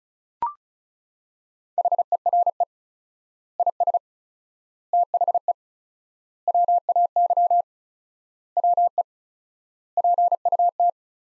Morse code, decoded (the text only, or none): HERE IS THE WAY WE PUT